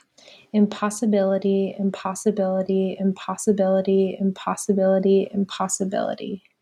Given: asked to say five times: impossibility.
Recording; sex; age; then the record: repeated word; female; 20 to 29 years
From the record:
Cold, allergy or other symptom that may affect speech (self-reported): no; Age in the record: 24 years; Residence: New York, United States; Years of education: 17